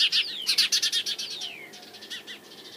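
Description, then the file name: House sparrow chirping calls, a fast run of bright chirps with a few downward-sliding notes, loud at first and then fading to softer, sparser chirps. "Passer domesticus"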